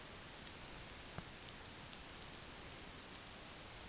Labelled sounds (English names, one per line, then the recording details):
none
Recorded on Arctic tundra, site NAIT-1, on 27 June 2019
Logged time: 20:00